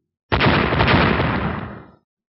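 A loud, sudden explosive blast erupts and sustains a broad, roaring rumble for over a second before fading out, with no voices present.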